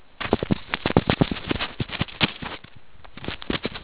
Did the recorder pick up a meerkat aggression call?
no